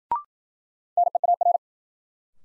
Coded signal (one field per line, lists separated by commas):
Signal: Morse code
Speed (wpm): 53 wpm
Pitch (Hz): 700 Hz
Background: none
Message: NEAR